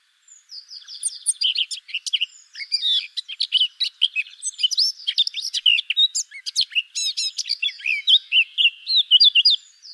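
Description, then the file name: Eurasian blackcap song, a long unbroken warble of rapid chips and melodious fluty notes, steadily loud throughout. "Sylvia atricapilla"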